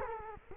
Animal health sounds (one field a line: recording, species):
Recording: mosquito wingbeat signal from an infrared sensor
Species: Culex quinquefasciatus